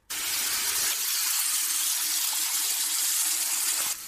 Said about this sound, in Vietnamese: Anh bước vào trong phòng tắm, ngay sau đó bên trong vang lên tiếng nước chảy ào ào.